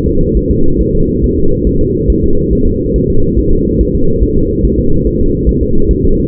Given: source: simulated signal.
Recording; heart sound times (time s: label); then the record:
fetal heart sounds
0.08 s: S2
0.37 s: S1
0.51 s: S2
0.81 s: S1
0.95 s: S2
1.24 s: S1
1.38 s: S2
1.67 s: S1
1.81 s: S2
2.10 s: S1
2.24 s: S2
2.53 s: S1
2.67 s: S2
2.96 s: S1
3.10 s: S2
3.39 s: S1
3.53 s: S2
3.81 s: S1
3.95 s: S2
4.23 s: S1
4.38 s: S2
4.65 s: S1
4.79 s: S2
5.07 s: S1
5.21 s: S2
5.49 s: S1
5.63 s: S2
5.91 s: S1
6.05 s: S2
From the record:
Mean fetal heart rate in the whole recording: 140 bpm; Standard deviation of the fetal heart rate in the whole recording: 2 bpm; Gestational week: 34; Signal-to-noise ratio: -17.7 dB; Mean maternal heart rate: 72 bpm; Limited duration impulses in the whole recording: present